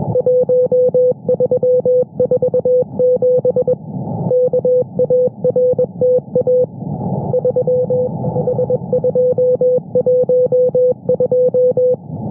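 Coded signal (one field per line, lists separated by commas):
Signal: Morse code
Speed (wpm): 22 wpm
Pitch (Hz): 500 Hz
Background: music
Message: 1347 KARTA 3H212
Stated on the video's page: Daily Russian Navy station sending partially encrypted CW traffic on 21,438 kHz in the 15-metre amateur band, received by a monitoring service.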